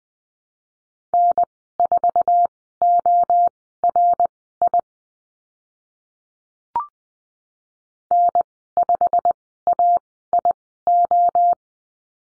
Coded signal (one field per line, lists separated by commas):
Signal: Morse code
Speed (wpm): 20 wpm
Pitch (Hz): 700 Hz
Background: none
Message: N4ORI N5AIO